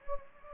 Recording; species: mosquito wingbeat signal from an infrared sensor; Anopheles gambiae